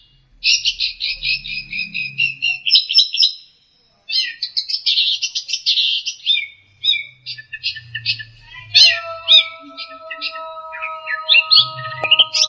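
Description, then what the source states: Long-tailed shrike song of fast, buzzy, high chattering phrases, then more scattered notes. Master song for training songbirds.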